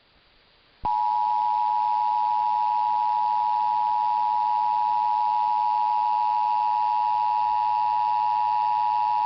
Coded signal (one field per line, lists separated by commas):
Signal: Emergency Alert System (SAME) tones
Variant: 853 and 960 Hz attention tone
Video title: KHKA-AM 1500 khz (Hawaii) National EAS/EAN test 10/4/2023